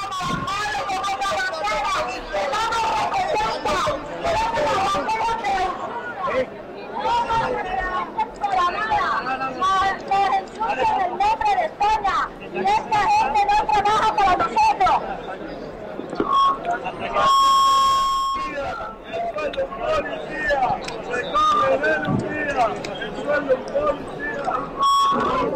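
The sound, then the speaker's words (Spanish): A dense protest crowd at one of the entrances to the Puerta del Sol, heard via a live stream, many voices chattering and shouting together, steady and loud throughout, with a brief shrill buzzer-like tone cutting through partway along. “Este es el sonido de uno de esos accesos a la Puerta del Sol que está retransmitiéndose a través del streaming.”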